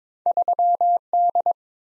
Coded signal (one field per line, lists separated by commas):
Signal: Morse code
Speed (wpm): 22 wpm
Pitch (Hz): 700 Hz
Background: none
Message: 3D